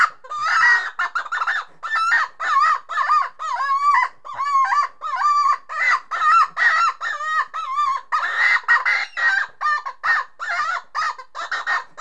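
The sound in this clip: Chicken cackling steadily, with quick clucks mixed with drawn-out, quavering squawks that repeat throughout.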